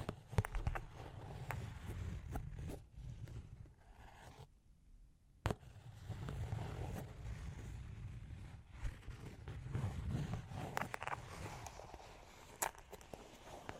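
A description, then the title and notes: Long claws tap and scratch against a surface in irregular bursts, with sharp clicks scattered through the clip. A low rumbling scrape runs underneath most of it, broken by a near-silent gap around four to five seconds before a hard tap resumes the activity. Long Claws Tapping and Scratching (No Talking).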